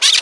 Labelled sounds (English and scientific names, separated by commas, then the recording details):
Brown-throated Parakeet (Eupsittula pertinax) contact call
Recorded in Margarita
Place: San Francisco, near stadium
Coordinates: 11.018, -64.294